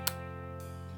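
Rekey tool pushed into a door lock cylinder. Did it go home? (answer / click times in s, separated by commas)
yes / 0.1 s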